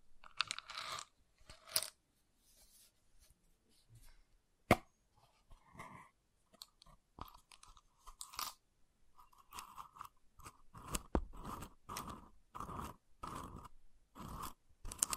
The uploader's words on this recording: ASMR Calming Wood Triggers for Sleep (No Talking).